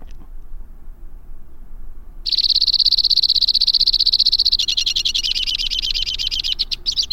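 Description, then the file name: White-winged crossbill song: after a quiet start, a fast, even high trill sets in, then shifts to a coarser, slightly lower rattling trill that runs to the end. "suara kicauan burung white winged crossbill. omkicau"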